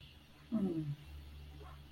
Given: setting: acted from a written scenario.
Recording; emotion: vocal sound without words; guilt